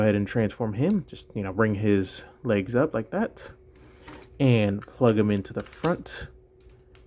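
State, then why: Seated. Someone talks while bringing up the legs of a plastic transforming Transformers Commemorative Series Powermaster Optimus Prime robot toy and plugging its small plastic Powermaster partner figure into the front of the robot's chest. A sharp click at 7.0 s ends the stretch as the partner figure seats, which unlocks the legs.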